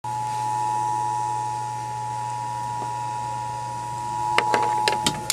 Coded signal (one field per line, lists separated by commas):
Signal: Emergency Alert System (SAME) tones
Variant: 853 and 960 Hz attention tone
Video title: EAS Severe Thunderstorm Warning 8/7/19 6